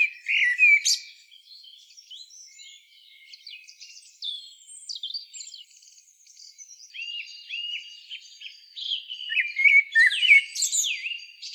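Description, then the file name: Eurasian blackbird calls: a loud burst of sharp high chirps at the start, scattered thin notes, then a run of quick down-slurred chirps and squeaky twitters toward the end. "Turdus merula"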